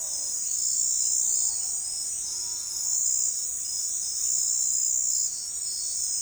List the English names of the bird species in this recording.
none